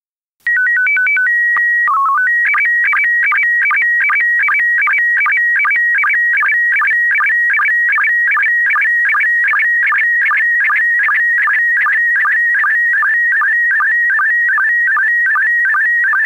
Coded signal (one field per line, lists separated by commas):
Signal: SSTV (slow-scan television)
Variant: PD 50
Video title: SSTV voorbeeld 2